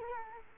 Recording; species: mosquito wingbeat signal from an infrared sensor; Culex quinquefasciatus